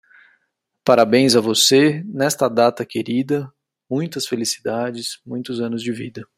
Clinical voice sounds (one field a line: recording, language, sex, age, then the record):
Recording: short text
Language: Brazilian Portuguese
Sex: male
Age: 40 to 49 years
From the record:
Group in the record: control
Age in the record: 43 years